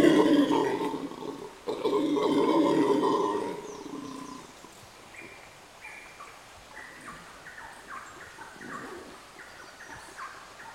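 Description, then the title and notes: Howler monkeys roar hoarsely in two loud bursts over the first four seconds, then fall quiet while faint higher chirping calls continue in the background. Howler monkeys at Quebrada Valencia in the Sierra Nevada de Santa Marta foothills, 10 am, greeting visitors at unusually close range, which seemed strange to locals. "MONOS AULLADORES DE LA SIERRA NEVADA. son las 10 am en el sector de Quebrada Valencia y los monos aulladores nos dan la bienvenida de forma muy cercana"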